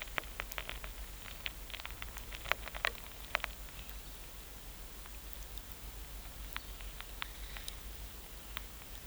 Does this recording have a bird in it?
no